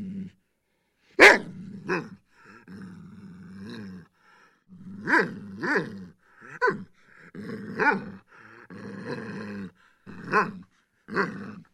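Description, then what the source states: Dog barking and growling: deep, harsh barks at irregular intervals, about eight in all, with low rumbling growls filling several of the gaps. Large dog, barking and growling.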